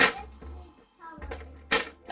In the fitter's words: right snapped in place and we'll